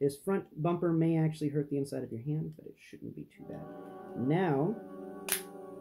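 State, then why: Seated. Someone talks while squeezing the plastic door panels of a transforming robot action figure together around its vehicle-mode body, squeezing harder after the doors failed to grip the first time. A single sharp plastic click sounds at 5.3 s as the door panels lock into place on the vehicle body.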